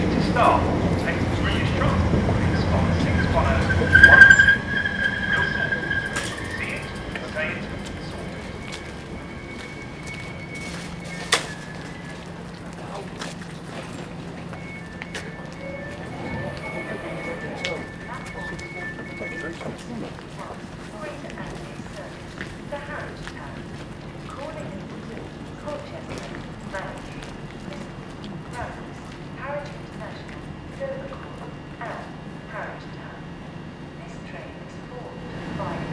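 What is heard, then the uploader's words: Commuters gather on a station platform, with voices and footsteps over a low rumble, a brief loud clatter near the start, and tones. Captured in the early morning on a cold and damp train station platform. Commuters are gradually filling up the platform in preparation to board trains to their place of work.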